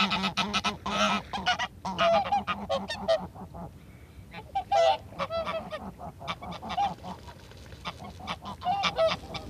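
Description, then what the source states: Greylag Goose flock calling, a dense mix of nasal honks from several birds, irregular and overlapping throughout. Greylags return noisily in April around ice break-up to inspect nest sites, honking hollowly as if announcing arrival; best seen flying in the archipelago, also wandering inland fields seeking new territory.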